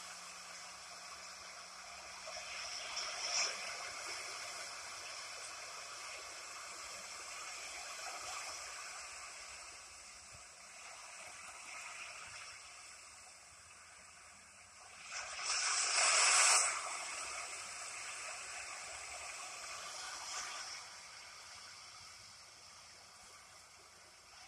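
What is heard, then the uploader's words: Ocean at night, heard as a steady, hissing wash of water that swells gently around 3 and 8 seconds. A stronger wave breaks near 15 to 17 seconds with a bright splash, then the sound settles back into a soft, even rush. The ocean at night.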